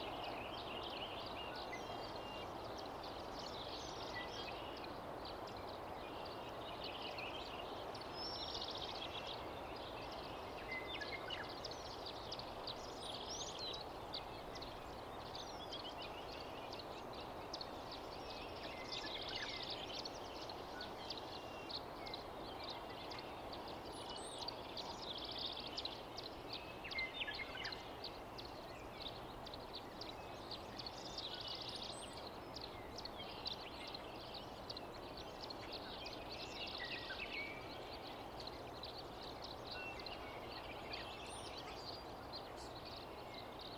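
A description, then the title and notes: Morning at a lakeside wildlife refuge, with a steady, dense wash of outdoor sound centered in the low-middle range and little change over the whole stretch. Bird calls come through as repeated bright chirps and short bursts, several every few seconds, against a rumble. Morning At Conboy Lake National Wildlife Refuge. Conboy Lake is not a true year-round lake, but a dense marshy area. Any car within a couple miles was audible through the microphones. In the morning I made my way back into the Lake portion of the refuge to record the morning songbirds and Sandhill Crane waking up.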